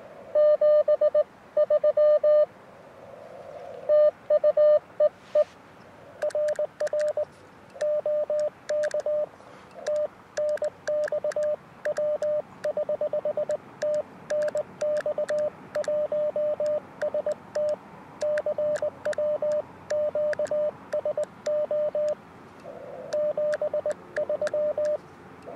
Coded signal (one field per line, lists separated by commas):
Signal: Morse code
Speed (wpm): 19 wpm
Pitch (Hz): 600 Hz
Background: radio noise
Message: 73 TU EE RR OK TNX W<HH> TNX 1ST CW QSO 73